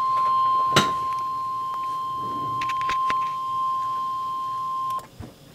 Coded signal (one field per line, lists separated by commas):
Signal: Emergency Alert System (SAME) tones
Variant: 1050 Hz attention tone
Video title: Real NOAA Weather Radio EAS Alert #8